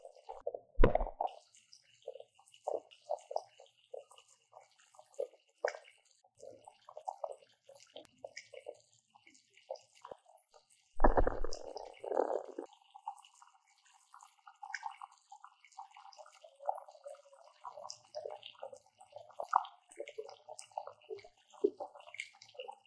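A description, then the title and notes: Sparkling water fizzes around the ears in a steady crackle of tiny pops and bubbles, dense and bright throughout. Louder gurgling bursts of water break in near the start and again around eleven seconds, with softer sloshing movements scattered between. 氣泡水入侵耳朵!! Ears in Sparkling Water.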